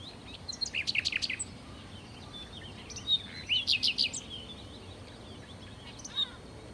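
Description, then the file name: Common nightingale song: short phrases of quick, sharp repeated notes and whistles, with pauses between phrases and a soft background hiss. "Nachtigall"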